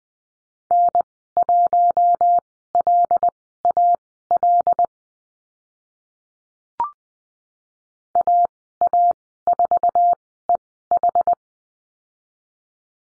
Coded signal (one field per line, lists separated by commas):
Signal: Morse code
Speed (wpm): 20 wpm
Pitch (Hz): 700 Hz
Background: none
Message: N1LAL AA4EH